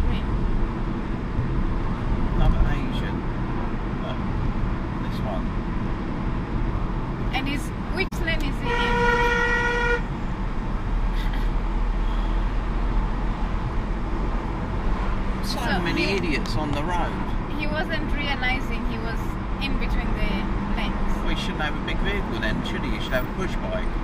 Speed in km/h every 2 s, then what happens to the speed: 55, 55, 53, 50, 45, 44, 50, 56, 58, 56, 58, 58.
3-10 slows to 44. 10-15 speeds up to 58. 15-24 steady at about 58.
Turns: none.